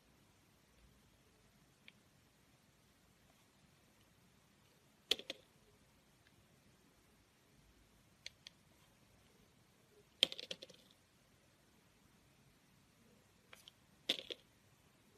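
Soap carving comes through as short, crisp scraping bursts around five, ten and fourteen seconds, with faint ticks between stretches of near silence.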